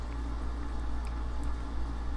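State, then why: Not seated. A plastic part from an HG 1/144 Sinanju model kit is lined up and pressed into its mating piece, with only a steady low hum and a faint brief tick near 1.1 s. The part does not hold and comes loose, so nothing has seated or clicked yet.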